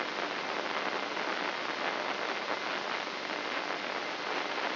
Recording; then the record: brain microelectrode recording played as sound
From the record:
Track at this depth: outside the subthalamic nucleus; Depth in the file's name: 2.337 mm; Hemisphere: left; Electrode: 3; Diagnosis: Parkinson's disease